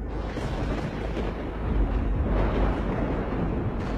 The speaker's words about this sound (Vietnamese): Bất chợt khi Đại mở mắt ra một lần nữa, ở bên ngoài trời cùng một lúc vang lên một tràng những tiếng sấm đinh tai nhức óc, đếm đủ 9 tiếng.